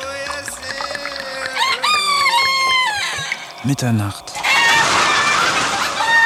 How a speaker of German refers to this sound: Ist es normal, dass Hähne um Mitternacht krähen?